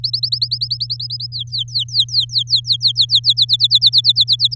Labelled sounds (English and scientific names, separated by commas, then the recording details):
Domestic Canary (Serinus canaria) song
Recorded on 7 May 2018 at 17:06
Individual llb16